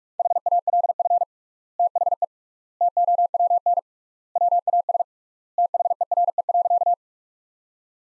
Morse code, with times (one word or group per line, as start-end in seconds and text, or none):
0.2-1.2 HALF
1.8-2.2 THE
2.8-3.8 TOWN
4.4-5.0 WAS
5.6-6.9 THERE.